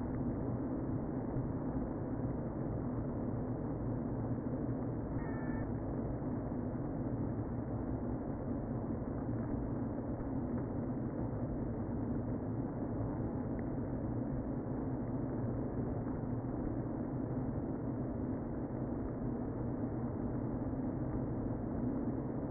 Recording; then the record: honeybee colony, microphone inside the hive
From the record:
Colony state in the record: queen present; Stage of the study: before two queens were removed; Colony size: about 60,000 bees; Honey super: yes